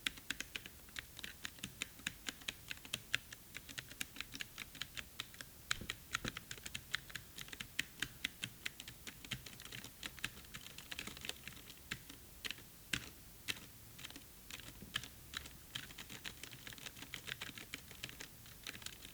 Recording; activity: daily activity, guitar pickup as the sensor; type